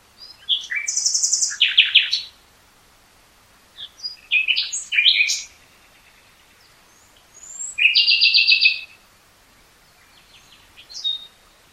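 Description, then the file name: Common nightingale delivering several distinct phrases: a high buzzy trill, rattling rapid notes, quick chirps and a fast repeated rattle, separated by short pauses. "Luscinia megarhynchos"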